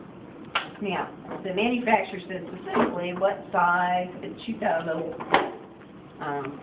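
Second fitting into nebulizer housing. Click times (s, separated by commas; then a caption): 0.6 s. A second fitting is pushed into the nebulizer housing, on the other side of the same assembly, until it seats with a sharp click at 0.6 s. Someone talks through the rest of the clip.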